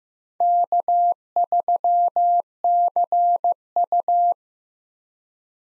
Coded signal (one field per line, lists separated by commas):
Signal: Morse code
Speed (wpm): 15 wpm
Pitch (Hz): 700 Hz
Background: none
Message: K3CU